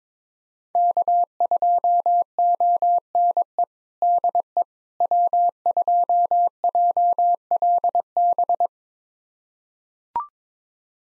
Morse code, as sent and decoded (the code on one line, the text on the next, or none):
-.- ..--- --- -. . / -.. . / .-- ..--- .--- .-.. -...
K2ONE DE W2JLB